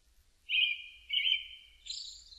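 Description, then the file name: Brown-headed thrush song: two level whistled notes, then a higher, thinner note. Recorded 16 May 2005. "050516 akahara"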